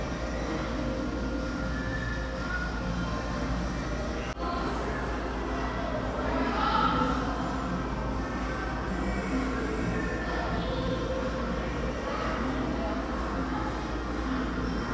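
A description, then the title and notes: Mall ambience: a steady, dense wash of crowd murmur over a constant low rumble, with faint talking and hints of music drifting through. A brief click sounds near four seconds, and the noise swells slightly around seven seconds before settling back. ASMR Mall Ambience (faint talking and music).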